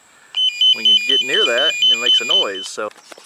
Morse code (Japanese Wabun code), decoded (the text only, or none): none